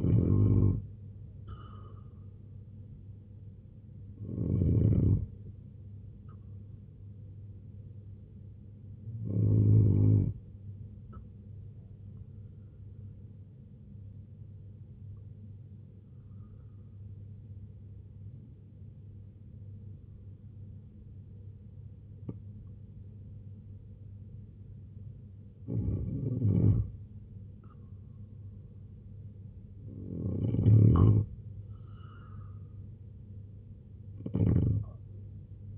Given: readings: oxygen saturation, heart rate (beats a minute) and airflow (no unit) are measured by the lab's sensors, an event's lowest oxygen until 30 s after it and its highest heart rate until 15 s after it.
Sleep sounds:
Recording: breathing in sleep by a smartphone at the bedside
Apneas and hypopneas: 1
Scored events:
16.00-27.30 s: obstructive apnea (N2, oxygen 95% highest, then 90% lowest, heart rate 73 at the start, 79 highest)
From the record:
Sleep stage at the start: N2 (light sleep)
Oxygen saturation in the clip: 84 to 95%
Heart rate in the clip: 69 to 91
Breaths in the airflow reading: 6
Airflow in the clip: -3.2 to 6.0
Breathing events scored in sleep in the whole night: 258 in 7.4 hours asleep

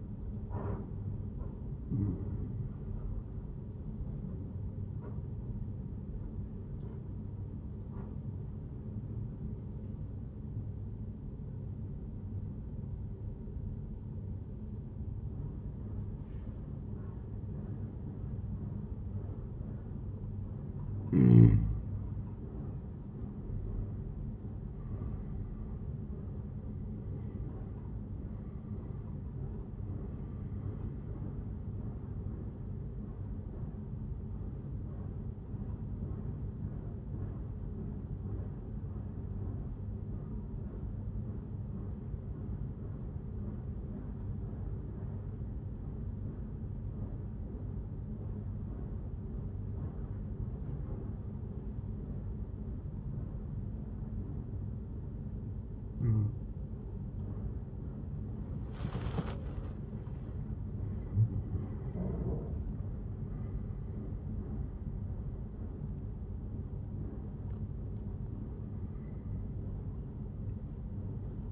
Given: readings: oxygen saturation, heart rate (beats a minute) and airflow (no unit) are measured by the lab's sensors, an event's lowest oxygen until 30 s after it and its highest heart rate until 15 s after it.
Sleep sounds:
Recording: breathing in sleep by a smartphone at the bedside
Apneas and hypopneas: 2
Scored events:
10.00-20.90 s: obstructive apnea (N1, oxygen 96% highest, then 90% lowest, heart rate 74 at the start, 84 highest)
22.00-52.00 s: new sleep stage, N2 (light sleep)
38.00-58.10 s: obstructive apnea (N2, oxygen 95% highest, then 89% lowest, heart rate 77 at the start, 87 highest)
52.00-71.52 s: new sleep stage, N1 (lightest sleep)
From the record:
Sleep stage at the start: N1 (lightest sleep)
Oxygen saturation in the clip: 89 to 96%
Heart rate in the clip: 70 to 87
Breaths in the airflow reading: 8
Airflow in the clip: -12.6 to 10.5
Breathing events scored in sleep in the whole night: 131 in 7.2 hours asleep

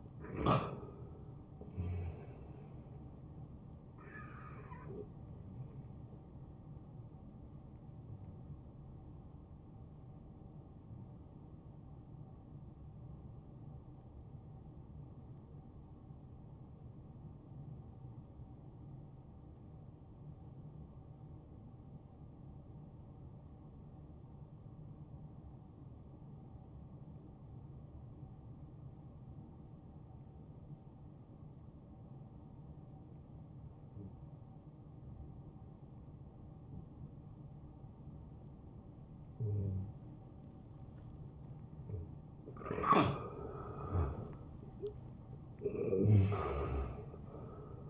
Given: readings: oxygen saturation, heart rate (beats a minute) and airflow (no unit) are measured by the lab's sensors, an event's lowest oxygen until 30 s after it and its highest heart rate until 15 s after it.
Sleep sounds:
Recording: breathing in sleep by a smartphone at the bedside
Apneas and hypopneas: 1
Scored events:
10.00-39.70 s: hypopnea (N1, oxygen 93% highest, then 86% lowest, heart rate 74 at the start, 78 highest)
24.00-47.90 s: new sleep stage, N2 (light sleep)
From the record:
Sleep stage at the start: N1 (lightest sleep)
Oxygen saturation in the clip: 87 to 93%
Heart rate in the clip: 69 to 74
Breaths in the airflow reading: 6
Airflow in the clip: -15.0 to 7.2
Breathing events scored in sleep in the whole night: 263 in 5.5 hours asleep

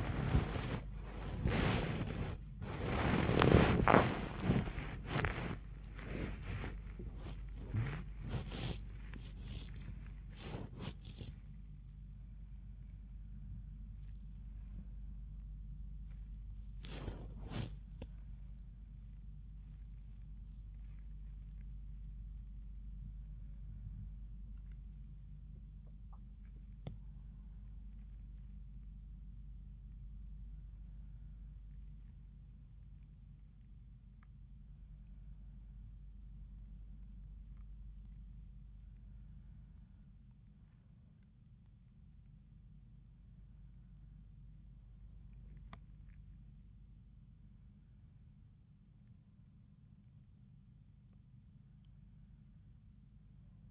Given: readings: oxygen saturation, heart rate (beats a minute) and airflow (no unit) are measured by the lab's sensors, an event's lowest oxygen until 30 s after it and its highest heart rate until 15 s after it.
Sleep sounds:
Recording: a person awake in a sleep study, by a smartphone at the bedside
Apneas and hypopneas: none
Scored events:
0.00-53.71 s: awake
From the record:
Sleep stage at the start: awake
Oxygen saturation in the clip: 94 to 96%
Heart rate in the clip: 87 to 103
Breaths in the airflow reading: 11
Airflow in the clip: -13.9 to 12.3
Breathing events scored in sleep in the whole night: 400 in 8.7 hours asleep

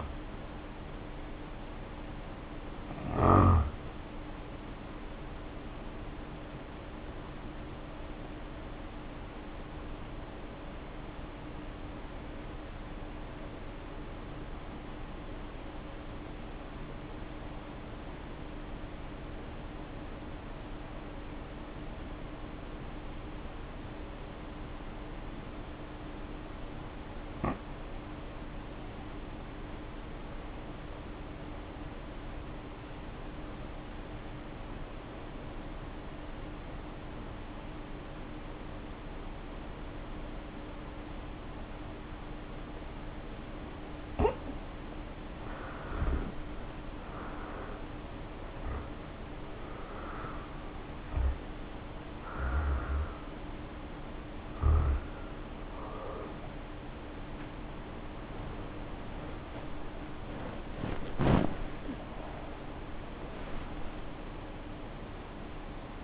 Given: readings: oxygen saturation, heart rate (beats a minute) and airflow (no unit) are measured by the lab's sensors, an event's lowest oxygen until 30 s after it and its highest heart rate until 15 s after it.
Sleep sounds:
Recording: breathing in sleep by a voice recorder at the bedside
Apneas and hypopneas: 1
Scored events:
8.00-46.90 s: hypopnea (N1, oxygen 95% highest, then 68% lowest, heart rate 55 at the start, 78 highest)
40.00-66.04 s: new sleep stage, awake
42.00-66.04 s: awake
From the record:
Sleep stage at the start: N1 (lightest sleep)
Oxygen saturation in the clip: 70 to 95%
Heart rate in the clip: 50 to 84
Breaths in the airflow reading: 16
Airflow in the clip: -3.7 to 3.4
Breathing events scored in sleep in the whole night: 520 in 7.2 hours asleep

